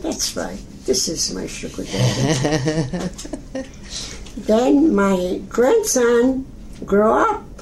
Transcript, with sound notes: "That's right, this is my sugar daddy." (laughs) Then my grandson grow up!